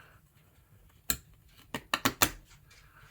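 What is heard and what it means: A split keyboard PCB for a Corne-ish Zen wireless keyboard is aligned and pushed into its case, giving sharp clicks at 1.1, 1.75, 1.9, 2.1 and 2.2 seconds. The clicking comes from leftover mouse-bite tabs along the PCB edge rubbing the case, not from the PCB itself. The board seats and floats inside the case.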